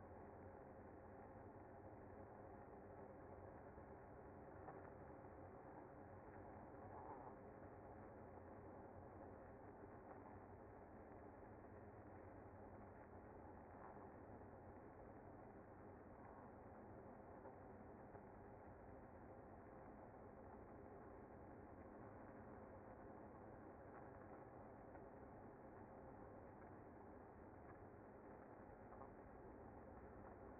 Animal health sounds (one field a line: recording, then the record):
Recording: honeybee colony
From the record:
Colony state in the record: active